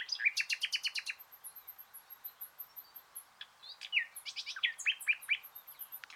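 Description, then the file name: Common nightingale song with a fast rattle of repeated notes, a pause, then choppy varied notes, while thin very high notes repeat steadily in the background. "Luscinia megarhynchos"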